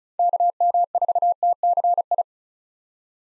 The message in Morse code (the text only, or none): KM4TCI